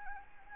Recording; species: mosquito wingbeat signal from an infrared sensor; Anopheles arabiensis